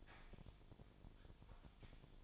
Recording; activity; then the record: daily activity, microphone in the room; typing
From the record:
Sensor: 5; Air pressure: 1009.6 hPa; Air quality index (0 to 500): 168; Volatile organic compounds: 4 ppm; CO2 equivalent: 1629 ppm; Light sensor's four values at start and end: 104/275/112/120 and 104/275/112/120